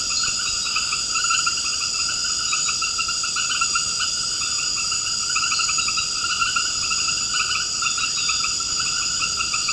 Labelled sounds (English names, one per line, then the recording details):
none
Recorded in secondary vegetation near Puerto Asís, Putumayo, Colombia, on 21 March 2025 at 19:30
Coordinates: 0.488, -76.319
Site G095